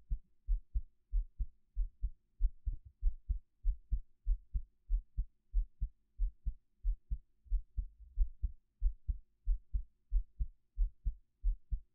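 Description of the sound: Steady, soft low-pitched thumps repeat at about 90 beats a minute, each beat a close pair of dull knocks with quiet gaps between. A normal adult heartbeat picked up with a 3Dio binaural microphone, with no talking or other sounds.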